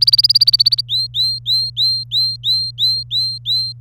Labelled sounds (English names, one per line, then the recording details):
Domestic Canary song
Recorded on 27 April 2018 at 13:47
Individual llb3